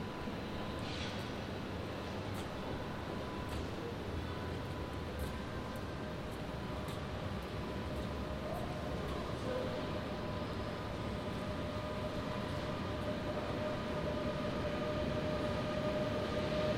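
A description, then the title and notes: A train station while waiting for a train: a steady low rumble and murmur fill the space throughout, with thin sustained tones like idling machinery or brakes running across. Brief sharp clicks and clatters punctuate it irregularly, and a faint squeal appears near the start. Station Hollands Spoor Den Haag. Recorded around 9 o'clock in the morning while waiting for my train to Rotterdam.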